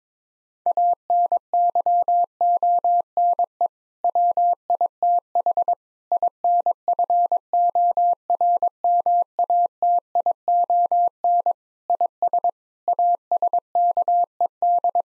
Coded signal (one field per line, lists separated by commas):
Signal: Morse code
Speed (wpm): 22 wpm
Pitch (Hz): 700 Hz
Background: none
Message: ANYONE WITH INFORMATION IS ASKED